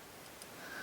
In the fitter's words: and around here until it clicks.